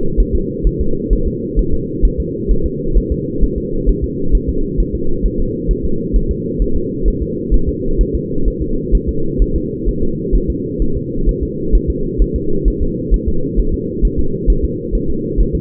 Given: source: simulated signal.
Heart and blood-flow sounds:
fetal heart sounds
0.20 s: S1
0.35 s: S2
0.67 s: S1
0.81 s: S2
1.13 s: S1
1.28 s: S2
1.59 s: S1
1.74 s: S2
2.05 s: S1
2.20 s: S2
2.51 s: S1
2.66 s: S2
2.98 s: S1
3.12 s: S2
3.44 s: S1
3.58 s: S2
3.89 s: S1
4.04 s: S2
4.35 s: S1
4.49 s: S2
4.80 s: S1
4.95 s: S2
5.26 s: S1
5.40 s: S2
5.71 s: S1
5.85 s: S2
6.16 s: S1
6.31 s: S2
6.62 s: S1
6.76 s: S2
7.08 s: S1
7.22 s: S2
7.54 s: S1
7.69 s: S2
8.01 s: S1
8.15 s: S2
8.48 s: S1
8.62 s: S2
8.95 s: S1
9.09 s: S2
9.42 s: S1
9.56 s: S2
9.89 s: S1
10.03 s: S2
10.35 s: S1
10.50 s: S2
10.82 s: S1
10.97 s: S2
11.29 s: S1
11.43 s: S2
11.75 s: S1
11.90 s: S2
12.22 s: S1
12.36 s: S2
12.68 s: S1
12.82 s: S2
13.14 s: S1
13.28 s: S2
13.59 s: S1
13.74 s: S2
14.05 s: S1
14.19 s: S2
14.50 s: S1
14.65 s: S2
14.95 s: S1
15.10 s: S2
15.41 s: S1
15.55 s: S2
From the record:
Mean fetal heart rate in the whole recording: 130 bpm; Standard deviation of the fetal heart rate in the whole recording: 2 bpm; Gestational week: 36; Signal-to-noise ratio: -8.1 dB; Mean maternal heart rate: 72 bpm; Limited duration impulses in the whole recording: absent

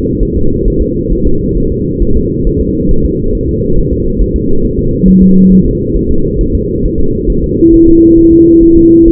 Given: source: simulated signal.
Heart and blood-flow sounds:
fetal heart sounds
0.23 s: S1
0.37 s: S2
0.68 s: S1
0.82 s: S2
1.12 s: S1
1.27 s: S2
1.57 s: S1
1.72 s: S2
2.02 s: S1
2.17 s: S2
2.47 s: S1
2.61 s: S2
2.91 s: S1
3.06 s: S2
3.35 s: S1
3.49 s: S2
3.78 s: S1
3.93 s: S2
4.22 s: S1
4.36 s: S2
4.65 s: S1
4.79 s: S2
5.08 s: S1
5.23 s: S2
5.52 s: S1
5.66 s: S2
5.96 s: S1
6.11 s: S2
6.41 s: S1
6.55 s: S2
6.85 s: S1
7.00 s: S2
7.30 s: S1
7.44 s: S2
7.74 s: S1
7.88 s: S2
8.18 s: S1
8.33 s: S2
8.63 s: S1
8.77 s: S2
9.08 s: S1
From the record:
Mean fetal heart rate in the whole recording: 135 bpm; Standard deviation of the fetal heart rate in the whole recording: 3 bpm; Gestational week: 36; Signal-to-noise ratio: -17.7 dB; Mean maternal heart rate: 72 bpm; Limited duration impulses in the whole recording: present

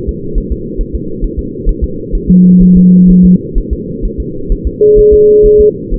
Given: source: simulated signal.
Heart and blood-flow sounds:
fetal heart sounds
0.09 s: S2
0.38 s: S1
0.52 s: S2
0.81 s: S1
0.95 s: S2
1.24 s: S1
1.39 s: S2
1.69 s: S1
1.84 s: S2
2.15 s: S1
2.30 s: S2
2.62 s: S1
2.77 s: S2
3.10 s: S1
3.25 s: S2
3.58 s: S1
3.73 s: S2
4.05 s: S1
4.20 s: S2
4.52 s: S1
4.67 s: S2
4.99 s: S1
5.13 s: S2
5.46 s: S1
5.61 s: S2
5.94 s: S1
From the record:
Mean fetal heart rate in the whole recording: 130 bpm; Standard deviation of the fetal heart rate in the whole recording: 4 bpm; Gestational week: 38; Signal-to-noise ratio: -6.6 dB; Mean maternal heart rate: 72 bpm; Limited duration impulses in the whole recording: present

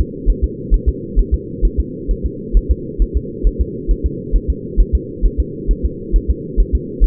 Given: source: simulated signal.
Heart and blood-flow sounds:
fetal heart sounds
0.01 s: S2
0.30 s: S1
0.44 s: S2
0.74 s: S1
0.89 s: S2
1.19 s: S1
1.34 s: S2
1.65 s: S1
1.80 s: S2
2.11 s: S1
2.26 s: S2
2.57 s: S1
2.71 s: S2
3.02 s: S1
3.17 s: S2
3.47 s: S1
3.61 s: S2
3.91 s: S1
4.06 s: S2
4.36 s: S1
4.50 s: S2
4.80 s: S1
4.95 s: S2
5.26 s: S1
5.40 s: S2
5.71 s: S1
5.85 s: S2
6.16 s: S1
6.30 s: S2
6.60 s: S1
6.75 s: S2
7.04 s: S1
From the record:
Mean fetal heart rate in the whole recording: 135 bpm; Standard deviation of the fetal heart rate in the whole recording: 3 bpm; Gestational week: 36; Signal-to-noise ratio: -4.1 dB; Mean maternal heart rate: no maternal heart sound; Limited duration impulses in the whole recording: absent

